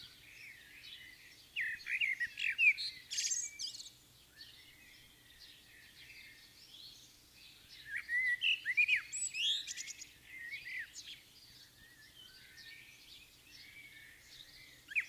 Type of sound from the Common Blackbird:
song